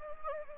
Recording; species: mosquito wingbeat signal from an infrared sensor; Anopheles gambiae